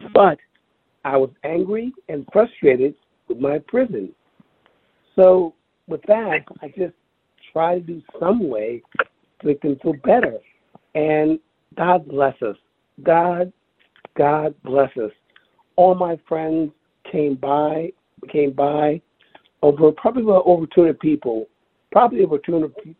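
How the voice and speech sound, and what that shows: Adult man with aphasia since a stroke in 2016. He speaks in short bursts broken by frequent pauses, with repeated phrases and restarts. His words come out jumbled and fumbled: he knows the exact word he wants but fumbles when he opens his mouth.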